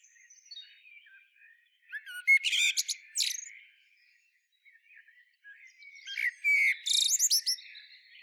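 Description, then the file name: Common blackbird with two loud bursts of scratchy twittering and chattering. Fainter high notes fill the gaps between them. "Turdus merula"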